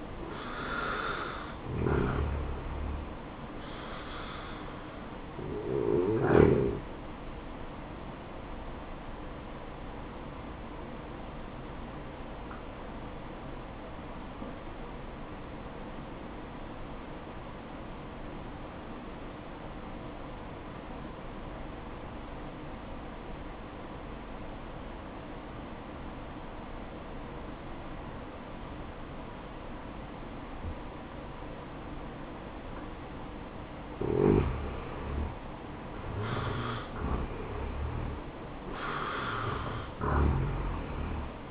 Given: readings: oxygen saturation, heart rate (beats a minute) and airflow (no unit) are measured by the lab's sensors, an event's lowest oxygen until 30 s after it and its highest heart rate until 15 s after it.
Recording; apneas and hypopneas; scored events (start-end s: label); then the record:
breathing in sleep by a voice recorder at the bedside; 1
10.00-36.20 s: hypopnea (REM, oxygen 94% highest, then 83% lowest, heart rate 68 at the start, 73 highest)
33.00-41.51 s: new sleep stage, N1 (lightest sleep)
From the record:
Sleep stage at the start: REM sleep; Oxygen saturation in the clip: 74 to 94%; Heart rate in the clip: 62 to 73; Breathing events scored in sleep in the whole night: 573 in 9.8 hours asleep